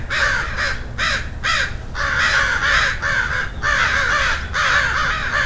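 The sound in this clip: Crow cawing steadily, a run of harsh, rasping caws in quick succession, with low rumble beneath.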